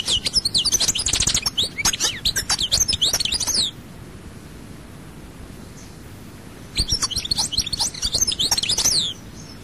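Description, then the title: European goldfinch song: a long dense run of rapid twittering and buzzy notes, a silent stretch of three seconds, then another lively burst. "Chant Chardonneret"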